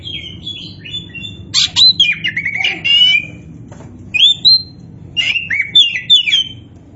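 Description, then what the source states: Oriental magpie-robin song, with loud whistled slurs, rapid chattering trills and scratchy notes delivered in quick bursts separated by short gaps. Indonesian name kacer poci; described as gacor.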